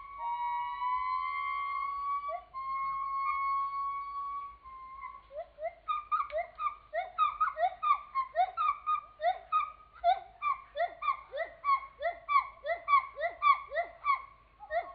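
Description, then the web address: Gibbon song: steady held whistles give way to a rapid series of short swooping notes. "gibbon."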